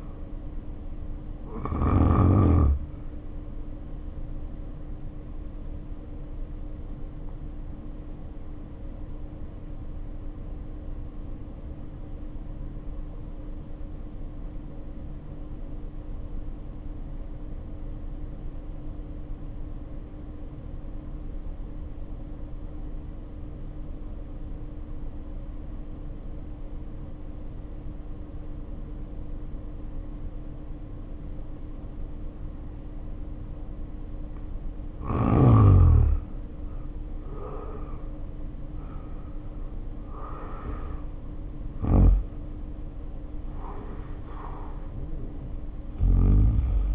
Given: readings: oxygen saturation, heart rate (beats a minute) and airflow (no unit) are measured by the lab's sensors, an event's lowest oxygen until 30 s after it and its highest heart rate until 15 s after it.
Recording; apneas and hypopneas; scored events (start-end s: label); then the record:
breathing in sleep by a smartphone at the bedside; 1
3.00-36.80 s: hypopnea (N1, oxygen 94% highest, then 75% lowest, heart rate 49 at the start, 70 highest)
From the record:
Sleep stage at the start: N1 (lightest sleep); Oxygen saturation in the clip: 74 to 94%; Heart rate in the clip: 47 to 70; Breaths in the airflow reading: 13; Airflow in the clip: -2.4 to 2.8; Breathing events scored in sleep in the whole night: 520 in 7.2 hours asleep